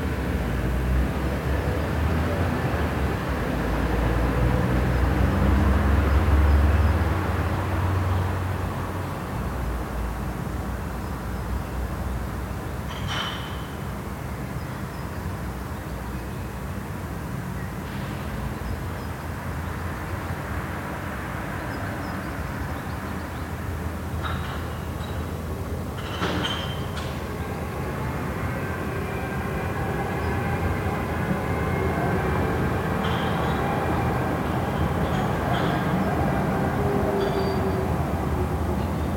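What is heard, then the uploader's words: Busy inner-city square with a constant low rumble of traffic and a passing tram or train, loudest around five to seven seconds. Brief bright squeals and clicks of wheels on rails cut through near 13, 26 and 33 seconds over the steady street hum. Cologne, germany - inner city/barbarossaplatz. In the early morning of may 09th i recorded a little more than four continuous hours of the sonic urban environment from my balcony in the middle of a big german city. I live close to the centre along a busy thoroughfare and junction where a few main roads as well as a number of tram lines meet.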